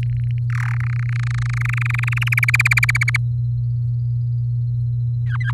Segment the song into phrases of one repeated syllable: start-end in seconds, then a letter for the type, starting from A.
0.03-0.39 A, 0.50-0.75 B, 0.76-2.29 C, 2.32-3.17 D, 5.24-5.37 E, 5.40-5.52 F